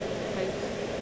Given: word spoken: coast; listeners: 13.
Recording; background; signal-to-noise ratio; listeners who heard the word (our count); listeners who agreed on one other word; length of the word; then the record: one English word in noise, from a listening test; speech-shaped noise; -6.2 dB; 1 of 13; 6 of 13; 0.61 s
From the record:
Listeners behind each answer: 6, 1, 1, 1, 1, 1, 1, 1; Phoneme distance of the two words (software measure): 10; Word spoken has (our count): 1 syllable, 4 phonemes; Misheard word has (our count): 1 syllable, 4 phonemes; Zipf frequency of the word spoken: 4.86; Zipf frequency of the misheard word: 4.87